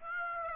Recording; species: mosquito wingbeat signal from an infrared sensor; Aedes aegypti